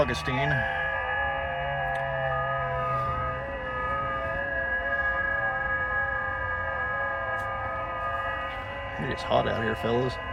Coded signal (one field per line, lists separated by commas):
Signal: FT8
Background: speech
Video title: KB9SNL's First POTA Activation! US-8376 Twelve Mile Swamp Conservation Area